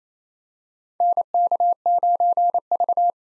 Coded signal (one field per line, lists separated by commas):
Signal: Morse code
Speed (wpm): 28 wpm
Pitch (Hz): 700 Hz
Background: none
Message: NK9V